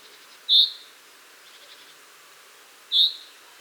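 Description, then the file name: Common chaffinch calls, two short sharp high notes about two and a half seconds apart against faint background hiss. "Fringilla coelebs"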